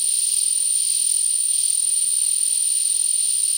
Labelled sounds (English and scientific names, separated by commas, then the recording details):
none
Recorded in dense forest near Puerto Asís, Putumayo, Colombia, on 20 February 2024 at 12:00
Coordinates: 0.499, -76.324
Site G6469